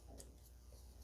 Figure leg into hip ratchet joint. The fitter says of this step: that's your first click.